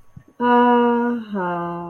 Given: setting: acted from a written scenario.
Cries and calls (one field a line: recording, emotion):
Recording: vocal sound without words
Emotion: serenity